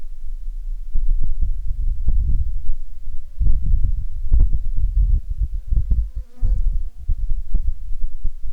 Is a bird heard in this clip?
no